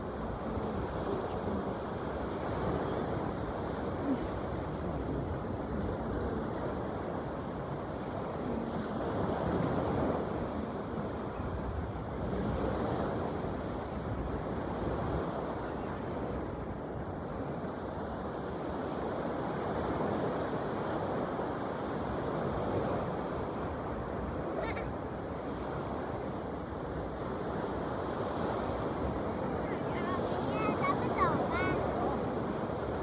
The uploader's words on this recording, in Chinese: 落日海浪纯音。到了青岛，天津滨海和阿那亚。